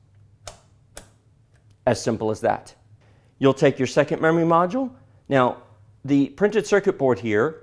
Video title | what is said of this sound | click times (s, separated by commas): Ryzen 5 1600 - $1,200 Build - Part 3 - System Build | going to line up the memory module with the notches and you're going to simply push down until it clicks twice as simple | 0.5 s, 1.0 s